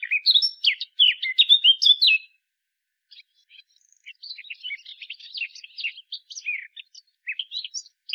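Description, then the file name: Eurasian blackcap singing: a loud, fast burst of varied whistled warbling, a short pause, then a longer, quieter run of scratchy, chattering notes. "Sylvia atricapilla"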